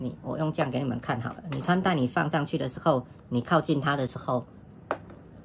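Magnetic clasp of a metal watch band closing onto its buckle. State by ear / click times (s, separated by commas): seated / 4.9 s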